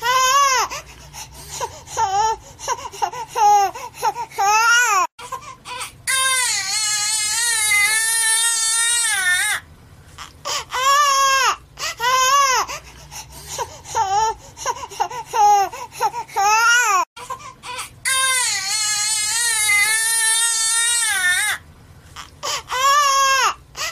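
A baby cries, wailing in long, rising and falling bursts with brief gasping breaks between them. The loudest, most sustained wails come around 6–9 and 18–21 seconds, with shorter choppy sobs in between.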